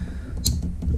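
A Demon Powersports EPS brushless harness connector on a RZR Turbo is pushed into its mating plug, snapping home with a sharp click at 0.5 s over a low background hum. A fainter tick follows near 0.8 s, and the connector is seated.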